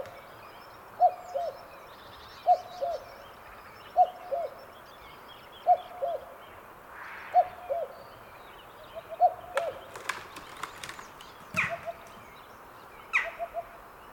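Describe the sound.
Cuckoo repeating its two-note cu-coo, the second note lower, about every one and a half seconds, followed by sharp knocking clicks near the end.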